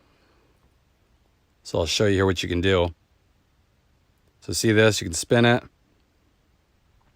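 Someone talks while spinning an anti-theft wheel lock ring over the lug nuts of a Honda Accord wheel, with only faint quiet handling between the two bursts of speech. The ring is only being handled and turned, and nothing has seated or clicked into place yet.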